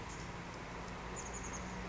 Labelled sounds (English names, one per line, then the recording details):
Chestnut-backed Chickadee
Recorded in Sonoma County, California